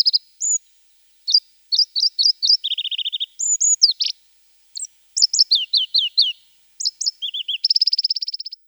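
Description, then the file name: Pallas's leaf warbler song, a lively string of high chips, lower buzzy trills and falling slurred notes, ending in a long, even high trill. "Penochka korolkovaja"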